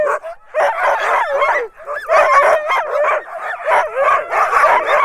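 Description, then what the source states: Husky chorus of overlapping whines, yelps and bending howl-like notes, loud and nearly continuous with only brief breaks. Huskies, close up.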